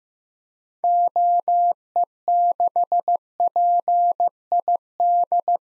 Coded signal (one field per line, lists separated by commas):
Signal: Morse code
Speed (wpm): 15 wpm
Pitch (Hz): 700 Hz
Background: none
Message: OE6PID